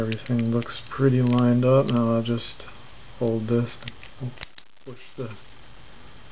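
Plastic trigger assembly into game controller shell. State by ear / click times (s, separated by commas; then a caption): not seated / none. Someone talks while holding the lined-up plastic trigger assemblies of a PS3 controller, about to push them back into the controller shell. Only speech and faint handling noise are heard, and nothing has seated or clicked yet.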